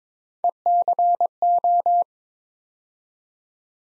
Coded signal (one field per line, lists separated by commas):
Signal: Morse code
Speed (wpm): 22 wpm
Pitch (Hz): 700 Hz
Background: none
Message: ECO